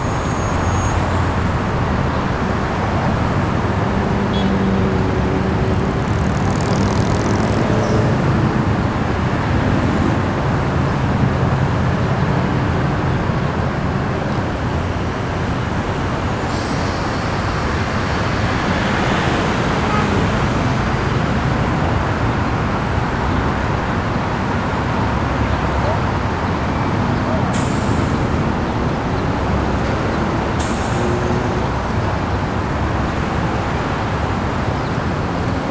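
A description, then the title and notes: City traffic ambience with a constant dense rumble of passing cars, occasional brighter squeals and tones, and steady loudness throughout. Busy Day in the City - Taffic Ambience.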